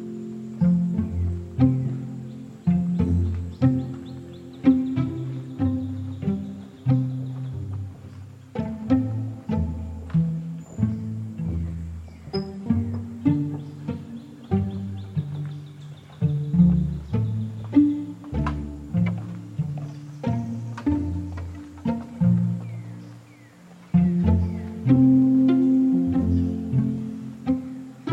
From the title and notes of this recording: Corkscrew Swamp Sanctuary, just outside of Naples Florida. This is the Lettuce Lakes area, the beating heart of the ancient bald cypress grove. The Corkscrew Swamp Sanctuary boardwalk leads visitors through a gentle and pristine wetland wilderness.